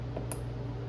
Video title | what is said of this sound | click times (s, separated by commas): Built f24 part 2 Adrian’s build! | And once you hear it snap in, | 0.3 s